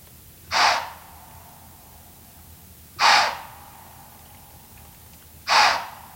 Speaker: When alarmed, deer expel air with great intensity, producing loud, airy snorts that echo across the nighttime landscape.